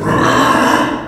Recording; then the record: squeal of a Yucatan mini pig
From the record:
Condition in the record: after surgery on the right vocal fold (resection and tissue-engineered implant); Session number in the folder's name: 4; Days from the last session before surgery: 26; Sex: female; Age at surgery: 19 weeks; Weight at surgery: 25 kg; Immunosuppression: prednisolone